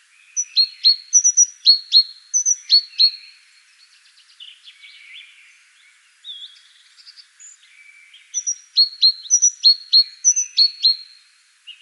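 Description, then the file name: Great tit song, bright high two-note phrases repeated rapidly in bursts of about three seconds, with softer twittering notes filling the pause between bursts. "Parus major"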